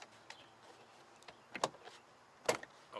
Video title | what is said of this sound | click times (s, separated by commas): Shelby GT350 Door Panel Removal & Speaker Replacement - Auto Fanatic | put the wedge in there and it's gonna keep the plastic pride out and we're gonna pull and you're gonna hear the pops | 1.6 s, 2.5 s